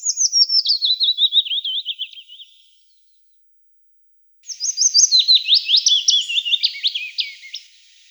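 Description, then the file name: Willow warbler song, two liquid descending phrases separated by roughly two seconds of silence, each a quick run of soft whistled notes. "Penochka vesnichka"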